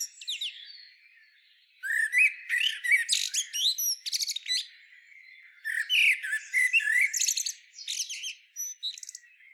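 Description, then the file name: Common blackbird song: two bursts of busy phrases mixing short low whistles with dense high squeaky twitters, separated by brief pauses; no other clear sounds. "Turdus merula"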